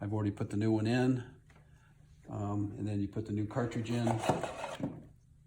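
A new paper oil filter cartridge is handled at the plastic oil filter housing cap of an Audi Q7 SUV while someone talks, with a couple of faint handling sounds. The cartridge has not yet snapped into the housing cap; nothing has seated or clicked yet.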